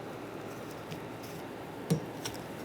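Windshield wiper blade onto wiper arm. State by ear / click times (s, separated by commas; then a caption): seated / 1.9 s, 2.3 s. A new front windshield wiper blade for a 2010–2013 Kia Soul is lined up on the wiper arm hook and slid up until its plastic adapter latches, clicking at 1.9 s and 2.3 s. A faint tap comes at about 0.9 s, and the blade is seated on the arm.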